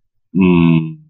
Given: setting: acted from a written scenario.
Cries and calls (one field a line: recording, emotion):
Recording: vocal sound without words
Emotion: sympathy